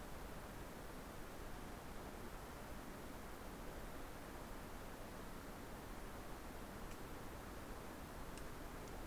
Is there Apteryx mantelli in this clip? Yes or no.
no